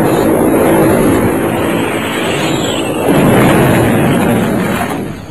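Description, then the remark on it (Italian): Loud, steady roar of Italian warplane engines droning overhead while bombing in Ethiopia, with a deep rumbling swell about halfway through before the noise tapers off at the end. No one speaks. “Grazie alla supremazia totale nei cieli, gli aerei italiani potevano bombardare indiscriminatamente.”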